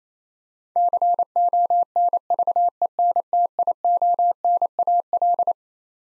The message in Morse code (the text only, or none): CONVENTIONAL